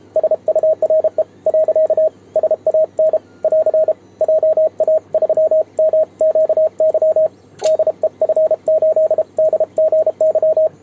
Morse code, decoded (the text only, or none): SURE . SAN <AR> JA3MQY DEF8DGY